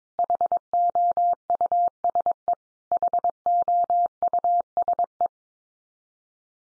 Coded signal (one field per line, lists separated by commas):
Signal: Morse code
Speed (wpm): 22 wpm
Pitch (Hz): 700 Hz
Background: none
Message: HOUSE HOUSE